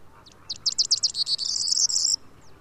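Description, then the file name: Corn bunting singing a single phrase: several sharp stuttering ticks that speed up and merge into a scratchy, jingling buzz, ending abruptly. "Mathias Ritschard - Prosyanka Emberiza calandra"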